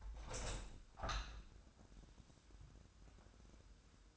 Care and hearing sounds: daily activity, microphone in the room; open window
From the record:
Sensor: 2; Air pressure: 1006.2 hPa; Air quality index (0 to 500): 177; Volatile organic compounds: 9 ppm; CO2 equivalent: 2149 ppm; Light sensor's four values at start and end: 8/20/8/8 and 9/21/8/9

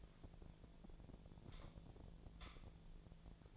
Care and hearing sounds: daily activity, microphone in the room; light off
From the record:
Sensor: 5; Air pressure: 1009.8 hPa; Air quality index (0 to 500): 160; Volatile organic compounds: 4 ppm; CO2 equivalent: 1554 ppm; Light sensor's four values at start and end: 178/452/188/202 and 177/448/187/200

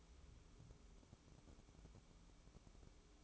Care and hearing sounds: daily activity, microphone in the room; take from stove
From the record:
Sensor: 1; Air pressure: 1008.1 hPa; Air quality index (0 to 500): 133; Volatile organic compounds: 2 ppm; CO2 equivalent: 1120 ppm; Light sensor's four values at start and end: 8/19/8/8 and 8/19/8/8

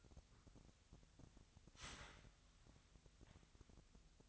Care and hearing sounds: daily activity, microphone in the room; start toaster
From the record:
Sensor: 3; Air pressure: 1001.8 hPa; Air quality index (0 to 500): 245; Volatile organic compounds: 48 ppm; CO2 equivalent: 3270 ppm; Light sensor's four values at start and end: 14/42/18/15 and 14/42/18/16

